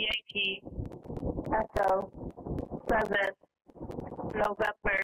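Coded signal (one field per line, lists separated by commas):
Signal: coded military voice message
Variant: Emergency Action Message, English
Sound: man reading phonetic alphabet letters: Yankee, Echo, seven, November, Charlie, X-ray, Papa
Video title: US Emergency Action Messages – November 28 2022 – callsign VALIDATE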